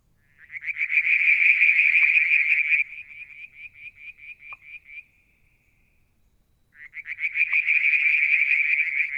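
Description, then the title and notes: Frogs trill loudly in a dense, rapid rattle that breaks into separate softer pulses. After a silent gap, the loud trilling returns. Limnodynastes peronii, Litoria verreauxii and an unidentified frog calling one evening near a water tank, Mount Wilson, New South Wales, Australia, July 2022. "Frog song, Mount Wilson, New South Wales, Australia in July 2022 – by Alexander Moffatt. Limnodynastes Peronii, Litoria Verreauxii and a mystery frog one evening near the water tank"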